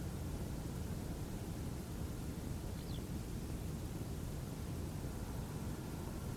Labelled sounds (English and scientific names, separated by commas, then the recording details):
Eurasian Skylark (Alauda arvensis)
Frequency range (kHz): Eurasian Skylark (Alauda arvensis) 1.5-5.5 kHz
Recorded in France